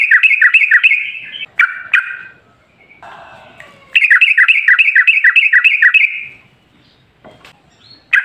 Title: GACOR Ropel Ngalas Pancingan Trucukan Agar Bunyi Jadikan Burung Trucuk